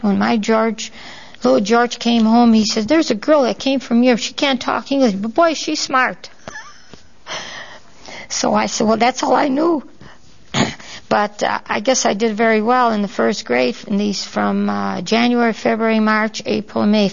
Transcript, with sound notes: When my George, little George came home," he said, "there was a girl that came from Europe. She can't talk English. But boy is she smart!" ( she laughs ) So I said, "Well, that's all I knew." But I guess I did very well in the first grade, from January, February, March, April, May.